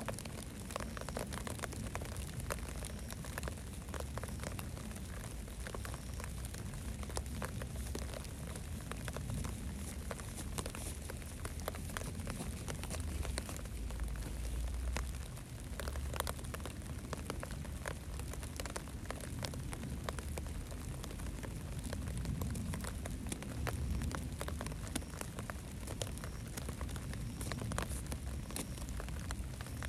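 Light early-summer rain falls on an evening, a steady, dense patter of small taps and crackles that never lets up for the full length. A low, even rumble sits underneath, and the level barely changes from start to finish.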